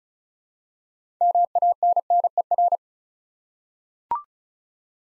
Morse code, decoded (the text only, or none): MANNER